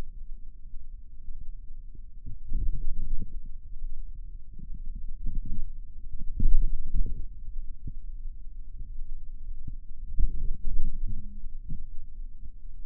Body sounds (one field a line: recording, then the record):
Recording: forearm muscle sounds (acoustic myography)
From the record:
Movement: ulnar deviation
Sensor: system 2, bracelet of six BSWA MPA416 microphones around the upper forearm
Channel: 4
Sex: male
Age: 22 years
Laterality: right